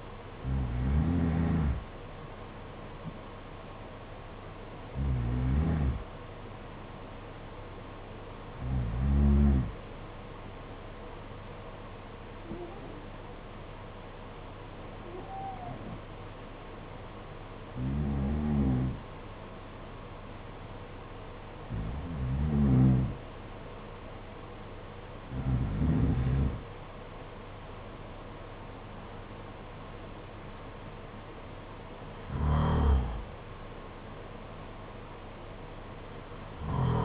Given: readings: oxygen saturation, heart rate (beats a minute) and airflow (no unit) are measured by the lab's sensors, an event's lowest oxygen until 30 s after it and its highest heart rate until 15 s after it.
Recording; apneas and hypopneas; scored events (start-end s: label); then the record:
breathing in sleep by a voice recorder at the bedside; 1
12.00-24.70 s: hypopnea (N1, oxygen 97% highest, then 93% lowest, heart rate 52 at the start, 57 highest)
From the record:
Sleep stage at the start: N1 (lightest sleep); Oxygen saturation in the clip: 77 to 97%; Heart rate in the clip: 51 to 57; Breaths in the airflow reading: 10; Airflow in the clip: -8.1 to 7.9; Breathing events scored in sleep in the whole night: 476 in 9.7 hours asleep